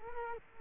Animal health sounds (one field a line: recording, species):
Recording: mosquito wingbeat signal from an infrared sensor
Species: Culex quinquefasciatus